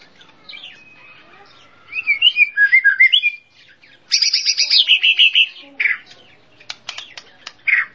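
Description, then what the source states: Bird song of varied phrases: warbled rolling notes, a fast chattering burst, then sharp dry clicks and a short buzzy note. Described as a complete 'masteran' birdsong compilation.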